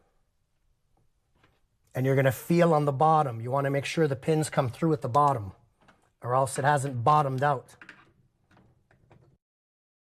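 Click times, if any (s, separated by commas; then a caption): 8.9 s. A bathroom faucet cartridge is pushed down into the valve body until its retaining pins come through at the bottom. Someone talks from about 2 to 7.6 seconds, then quiet handling ticks follow and a sharp snap at 8.9 seconds marks the cartridge seating. Feeling underneath confirms the pins came through.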